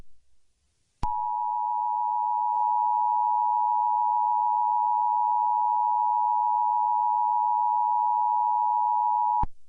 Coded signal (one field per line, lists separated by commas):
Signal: Emergency Alert System (SAME) tones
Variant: 853 and 960 Hz attention tone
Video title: EAS Scenario - The Zodiac Killer's Return (Broken Edition)